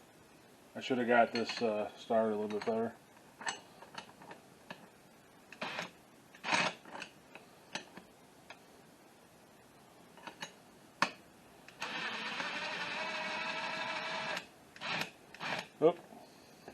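During a power steering pump replacement on a 2001 Jeep Cherokee, someone talks while handling an unspecified part on the pump, most likely a connector or fitting. Short sharp knocks land near 3.5, 5.6, 7.8 and 11.0 s, and a steady music-like tone runs from about 11.8 to 14.4 s. Nothing has seated or clicked into place yet.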